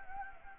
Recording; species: mosquito wingbeat signal from an infrared sensor; Anopheles gambiae